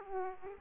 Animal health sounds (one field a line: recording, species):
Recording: mosquito wingbeat signal from an infrared sensor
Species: Aedes aegypti